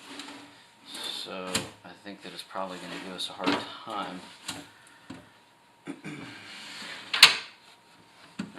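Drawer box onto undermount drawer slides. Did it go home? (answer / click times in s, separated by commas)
yes / 7.2 s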